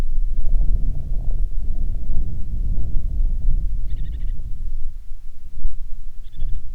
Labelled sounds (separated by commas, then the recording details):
bird, wind
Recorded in the Prudhoe Bay oil fields, Alaska, on 10 July 2019 at 10:08
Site 11